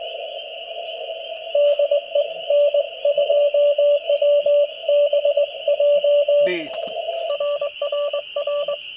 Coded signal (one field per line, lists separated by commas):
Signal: Morse code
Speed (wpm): 22 wpm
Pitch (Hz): 580 Hz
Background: speech, radio noise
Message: DE N2WBJ RRR